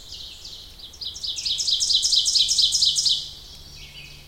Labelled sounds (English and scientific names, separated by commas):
Ovenbird (Seiurus aurocapilla) song